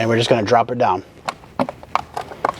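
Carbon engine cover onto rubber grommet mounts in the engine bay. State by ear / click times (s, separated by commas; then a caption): seated / 1.6 s, 2.0 s, 2.5 s. A carbon fiber engine cover on a 2022 BRZ/GR86 is lined up over three rubber grommet mounts in the engine bay and pressed down while someone talks. Three sharp clicks follow at 1.6, 2.0 and 2.5 seconds, and the cover is seated on its mounts.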